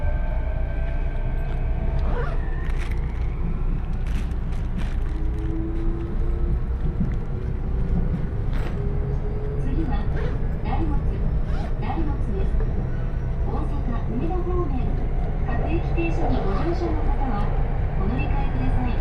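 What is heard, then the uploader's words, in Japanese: A railway journey on board a train, with a steady deep rumble of the running carriage filling the whole stretch. Squeals and whining tones rise and fall over it, with sharp clicks and knocks from the track every second or two, and faint voices underneath. 鉄道旅 汐見橋→岸里玉出→なんば→大物。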